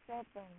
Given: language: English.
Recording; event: throat vibration sensor signal played as sound; speech